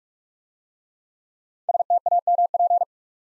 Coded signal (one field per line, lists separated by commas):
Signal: Morse code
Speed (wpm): 44 wpm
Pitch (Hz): 700 Hz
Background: none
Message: STAMP